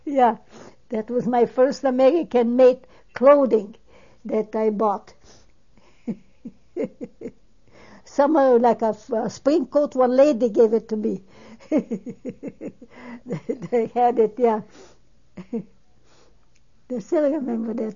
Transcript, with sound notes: That was my first American made clothing that I bought. (She laughs.) Summer, like a spring coat, one lady gave it to me. (She laughs.) They had it, yeah. I still remember that.